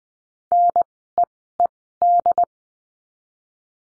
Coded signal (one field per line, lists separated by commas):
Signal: Morse code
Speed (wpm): 20 wpm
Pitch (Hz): 700 Hz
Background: none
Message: NEED